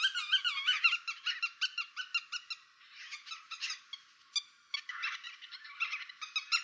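Bird calls: rapid, squeaky chattering notes with rising and falling inflections, a brief quieter gap midway, then renewed busy chatter.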